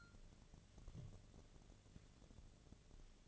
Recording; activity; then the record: daily activity, microphone in the room; take from stove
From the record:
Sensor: 4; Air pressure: 1000.8 hPa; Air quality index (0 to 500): 126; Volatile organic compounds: 1 ppm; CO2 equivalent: 949 ppm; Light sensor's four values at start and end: 41/100/42/47 and 42/101/43/47